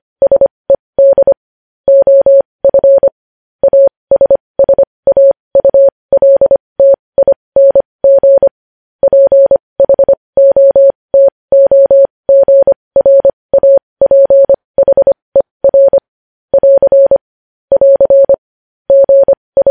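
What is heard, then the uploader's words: Morse code beeps in a steady, mid-pitched tone, rapid dots and dashes in continuous groups with short pauses, against silence. Morse code.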